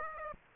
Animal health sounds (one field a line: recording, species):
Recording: mosquito wingbeat signal from an infrared sensor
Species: Aedes aegypti